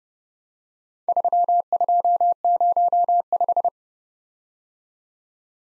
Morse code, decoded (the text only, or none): 3205